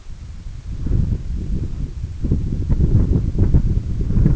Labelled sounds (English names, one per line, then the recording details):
none
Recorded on Arctic tundra, site EABA-1, on 21 June 2018
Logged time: 02:00